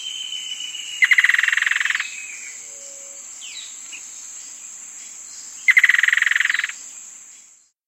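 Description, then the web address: Black-and-white antbird song: two fast rattling trills of rapid repeated notes, each about a second long, over a steady high insect drone. South America. "Natures Songs S America Black-And-White Antbird"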